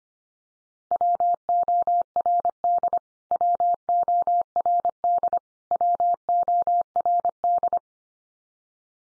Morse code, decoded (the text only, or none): WORD WORD WORD